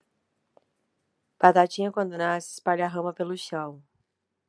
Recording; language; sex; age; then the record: short text; Brazilian Portuguese; female; 40 to 49 years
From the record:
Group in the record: control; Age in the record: 41 years